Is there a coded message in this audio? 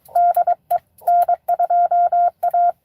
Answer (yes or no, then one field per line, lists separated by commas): yes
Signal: Morse code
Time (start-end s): 0.2-2.7 s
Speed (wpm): 23 wpm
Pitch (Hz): 700 Hz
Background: none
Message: DE N2A